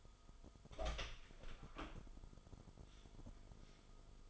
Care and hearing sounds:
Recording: daily activity, microphone in the room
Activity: open door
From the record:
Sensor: 5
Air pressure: 1004.9 hPa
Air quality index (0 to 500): 90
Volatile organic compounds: 2 ppm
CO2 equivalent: 1088 ppm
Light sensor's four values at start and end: 35/81/32/31 and 35/81/32/31

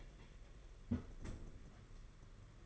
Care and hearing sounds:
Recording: daily activity, microphone in the room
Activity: close fridge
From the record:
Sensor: 4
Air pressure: 992.7 hPa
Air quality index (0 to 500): 166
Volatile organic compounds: 223 ppm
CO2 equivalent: 4286 ppm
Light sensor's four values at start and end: 19/67/25/25 and 20/67/25/25

